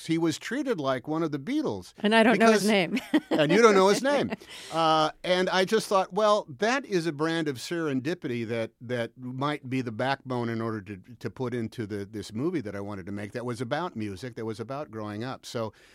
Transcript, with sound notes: He was treated like one of The Beatles because...
And I don't know his name (laughter).
And you don't know his name. And I just thought, well, that is a brand of serendipity that might be the backbone in order to put into this movie that I wanted to make that was about music, that was about growing up.